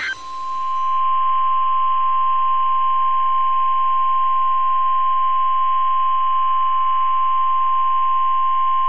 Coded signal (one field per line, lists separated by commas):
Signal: Emergency Alert System (SAME) tones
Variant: 1050 Hz attention tone